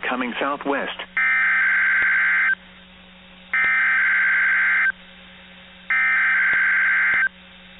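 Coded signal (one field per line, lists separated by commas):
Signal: Emergency Alert System (SAME) tones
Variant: header bursts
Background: speech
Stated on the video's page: Required weekly test heard on weather radio station.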